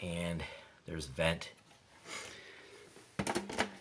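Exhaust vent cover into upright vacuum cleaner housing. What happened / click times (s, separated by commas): Handled, not yet home: plastic cover being fitted, no clear seating click / none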